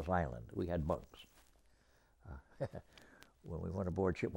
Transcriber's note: laughs